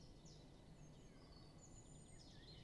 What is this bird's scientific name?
Dendrocopos major